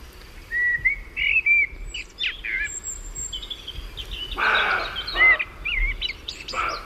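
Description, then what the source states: Common blackbird singing: a few clear fluted whistles, then a burst of squeaky, scratchy twittering notes. Young blackbird, the second of several heard, with more experience; it has caught its first phrase and repeats it now and then, as if still searching for its song.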